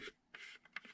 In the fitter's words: hopefully you can pick that up you can hear click click click click click click click